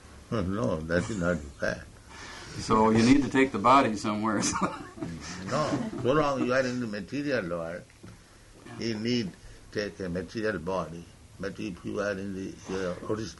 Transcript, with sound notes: No, that is not the fact.
So you need to take the bodies somewhere so that... [laughs]
No, so long you are in the material world you need to take a material body, but if you are in your